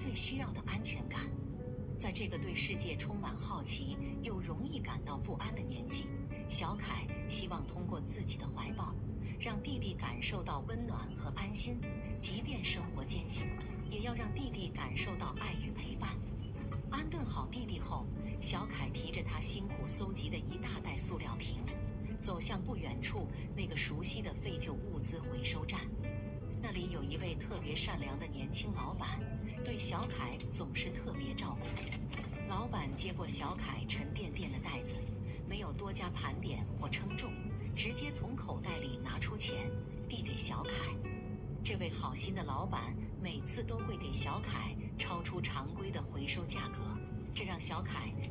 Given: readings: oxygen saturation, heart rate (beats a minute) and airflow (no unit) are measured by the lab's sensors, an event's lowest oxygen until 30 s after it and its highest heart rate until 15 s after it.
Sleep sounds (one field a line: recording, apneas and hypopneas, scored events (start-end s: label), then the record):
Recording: a person awake in a sleep study, by a smartphone at the bedside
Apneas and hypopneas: none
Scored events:
0.00-48.31 s: awake
From the record:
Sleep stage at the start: awake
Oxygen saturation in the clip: 95 to 96%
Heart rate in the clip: 71 to 76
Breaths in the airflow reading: 12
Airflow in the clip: -3.5 to 5.4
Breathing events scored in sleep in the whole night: 131 in 7.2 hours asleep